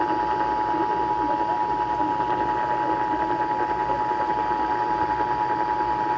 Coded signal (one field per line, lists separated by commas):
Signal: Emergency Alert System (SAME) tones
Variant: 853 and 960 Hz attention tone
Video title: Virginia Statewide Monthly Test On WRVA-AM 7/31/2022 (EAS #1,617)